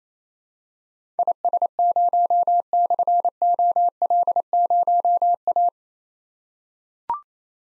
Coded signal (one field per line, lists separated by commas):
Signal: Morse code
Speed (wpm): 27 wpm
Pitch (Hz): 700 Hz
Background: none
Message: IS0/OL0A